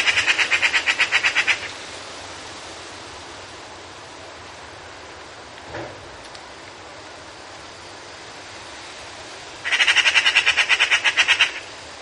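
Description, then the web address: Eurasian magpie giving harsh, rapid rattling chatter: one burst of about a dozen dry notes at the start, a second near the end, with quiet hiss between. "european magpie"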